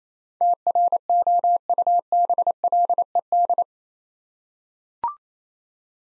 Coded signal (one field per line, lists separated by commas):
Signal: Morse code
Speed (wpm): 28 wpm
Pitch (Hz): 700 Hz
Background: none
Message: TROUBLED